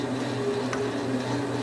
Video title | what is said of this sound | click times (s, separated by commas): PM1228VF-LB power up and function test | okay, like to there, and it locks in place. | 0.7 s